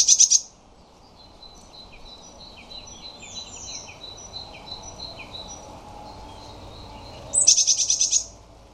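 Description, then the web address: Eurasian blue tit giving quick, high repeated notes in a short trill at each end, with softer twittering through the middle. "cianscape birddata Deverinetal 2025 File origin Bird Only Cy Ca"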